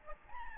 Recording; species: mosquito wingbeat signal from an infrared sensor; Aedes albopictus